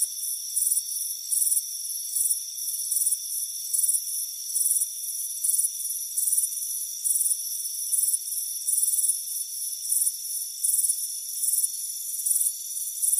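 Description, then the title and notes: Crickets give sharp, high chirps repeating steadily a little more than once a second above a constant hiss-like drone. "Soothing Crickets Chirping Sound. It's a warm afternoon as you relax in a hammock on the front porch. Relax and fall asleep to the soothing sound of chirping crickets"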